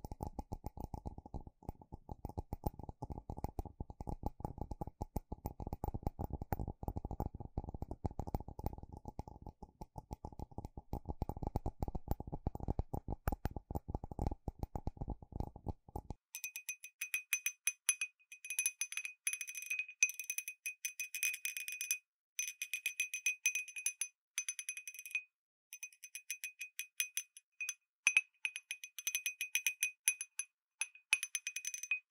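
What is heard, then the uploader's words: Glass tapping on a wind bell cup: rapid, dull low clicks for about sixteen seconds, then dense bright ringing taps with brief pauses. Wind Bell Cup | Glass Tapping | No Talking. 風鈴杯 | 玻璃杯.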